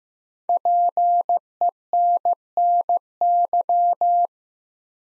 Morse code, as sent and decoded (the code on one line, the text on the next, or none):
.--. . -. -. -.--
PENNY